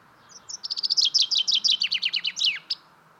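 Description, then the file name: Common chaffinch singing a bright, descending cascade of repeated chipping notes ending in a short terminal flourish, with faint low background hiss. "Fringilla coelebs"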